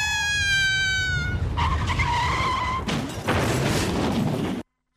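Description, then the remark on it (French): A sound effect of a speeding car with failed brakes skidding on a bend, a long, high tire screech that slides downward in pitch, then a loud, noisy crash rumbles for a couple of seconds before cutting off abruptly. “Super bruitage, hein, ouais, les effets et tout, c'est vraiment bien fait.”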